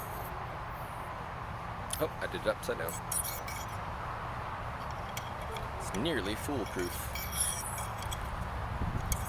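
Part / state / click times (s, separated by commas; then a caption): air dam accessory onto a low D whistle / seated / 9.1 s. Someone talks while fitting a plastic/carbon Carbony air dam accessory onto a low D whistle around the mouthpiece, with light clinking handling sounds throughout. A sharp clink at 9.1 s marks the air dam locking in place on the whistle.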